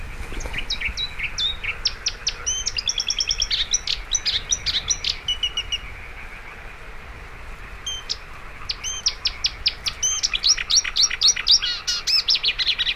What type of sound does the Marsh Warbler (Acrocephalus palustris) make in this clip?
song